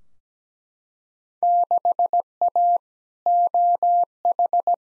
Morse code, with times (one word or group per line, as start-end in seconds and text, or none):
1.4-2.8 6A
3.3-4.7 OH